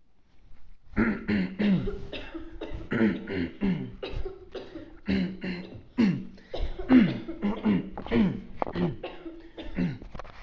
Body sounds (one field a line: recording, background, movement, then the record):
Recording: throat clearing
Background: a bystander coughing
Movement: sitting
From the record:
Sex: male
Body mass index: 21.0 kg/m2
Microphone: on the chest, facing outward